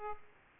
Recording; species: mosquito wingbeat signal from an infrared sensor; Aedes aegypti